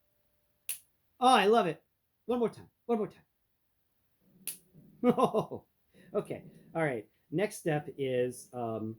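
On a plastic transforming robot toy, the heel is folded up into the toes and the toes are folded down on the foot, snapping into place with a sharp click at 0.7 s. A second similar snap follows at 4.5 s as someone talks, reacting with delight.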